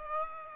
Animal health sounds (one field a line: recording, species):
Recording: mosquito wingbeat signal from an infrared sensor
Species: Aedes aegypti